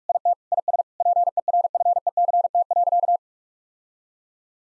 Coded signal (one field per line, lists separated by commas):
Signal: Morse code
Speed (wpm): 41 wpm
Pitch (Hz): 700 Hz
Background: none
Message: IT IS PERFECT.